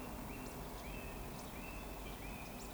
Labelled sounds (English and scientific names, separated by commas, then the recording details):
Eurasian Woodcock (Scolopax rusticola) whistle, Eurasian Woodcock (Scolopax rusticola) chase call
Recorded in Baden-Württemberg, Germany, on 11 June 2020 at 19:38 UTC
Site 14569, 102 m above sea level